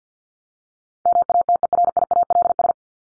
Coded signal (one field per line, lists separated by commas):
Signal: Morse code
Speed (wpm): 50 wpm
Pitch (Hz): 700 Hz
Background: none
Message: MATERIALS